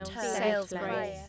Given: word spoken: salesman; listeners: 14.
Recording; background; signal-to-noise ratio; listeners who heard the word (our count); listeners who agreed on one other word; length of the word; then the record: one English word in noise, from a listening test; four-talker babble; -1.2 dB; 1 of 14; 6 of 14; 0.89 s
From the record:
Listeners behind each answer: 6, 4, 1, 1, 1, 1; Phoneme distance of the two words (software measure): 21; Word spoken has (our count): 2 syllables, 7 phonemes, stress on syllable 1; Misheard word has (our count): 1 syllable, 4 phonemes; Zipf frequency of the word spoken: 3.69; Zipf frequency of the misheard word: 4.58